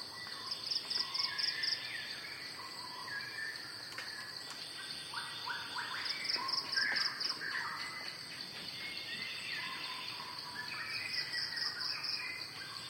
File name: shama-song listening-earth